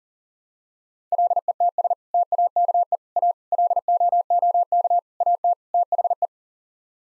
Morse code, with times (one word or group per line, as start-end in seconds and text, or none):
1.1-1.9 LETS
2.1-3.0 TAKE
3.2-3.3 A
3.5-5.0 LOOK
5.2-5.5 AT
5.7-6.3 THE